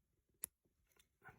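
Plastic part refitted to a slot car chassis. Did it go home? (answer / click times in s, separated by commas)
yes / 0.4 s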